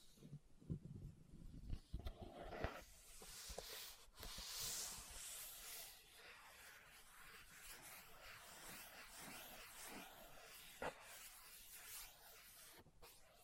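Leather tapped and scratched: a cluster of dull taps in the first three seconds, then steady rasping scratches with a single sharp tap near eleven seconds.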